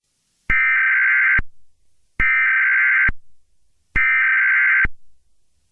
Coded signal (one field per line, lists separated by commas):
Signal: Emergency Alert System (SAME) tones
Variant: header bursts